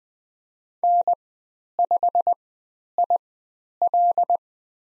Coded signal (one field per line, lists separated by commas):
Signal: Morse code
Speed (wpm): 20 wpm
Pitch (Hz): 700 Hz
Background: none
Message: N5IL